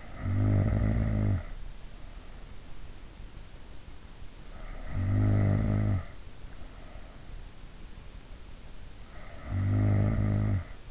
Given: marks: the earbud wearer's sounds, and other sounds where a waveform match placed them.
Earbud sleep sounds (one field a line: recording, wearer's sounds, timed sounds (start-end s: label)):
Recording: sounds in sleep by an in-ear microphone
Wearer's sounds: snoring breath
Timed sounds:
0.00-1.74 s: snoring breath
4.87-5.92 s: snoring breath
9.03-10.91 s: snoring breath